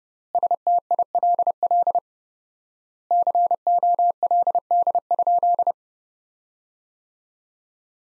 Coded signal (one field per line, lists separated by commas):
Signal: Morse code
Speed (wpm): 30 wpm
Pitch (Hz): 700 Hz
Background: none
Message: STILL COLD?